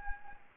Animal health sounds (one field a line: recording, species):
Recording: mosquito wingbeat signal from an infrared sensor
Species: Anopheles gambiae